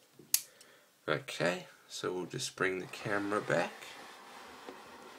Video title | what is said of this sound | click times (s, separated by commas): Tfc Toys HERCULES (combined mode) (021) | peg it till it clicks. | 0.3 s